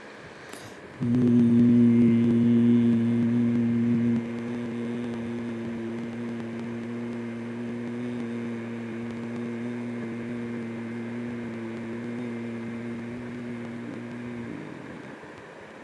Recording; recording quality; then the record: sustained vowel as in beet; moderate, slight background noise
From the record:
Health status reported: healthy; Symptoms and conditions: none ticked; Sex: male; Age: 59 years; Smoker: not ticked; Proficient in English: yes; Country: India